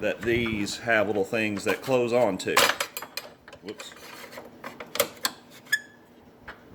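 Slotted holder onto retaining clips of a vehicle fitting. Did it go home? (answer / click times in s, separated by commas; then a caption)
yes / 5.0 s, 5.2 s. Someone talks while a slotted holder is pressed onto the small retaining clips of a vehicle fitting; after an early slip, it is pushed again. Several sharp clicks follow, with the holder snapping and locking into place at 5.0 and 5.25 seconds.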